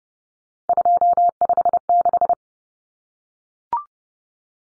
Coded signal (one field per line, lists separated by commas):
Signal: Morse code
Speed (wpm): 30 wpm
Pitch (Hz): 700 Hz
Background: none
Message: 256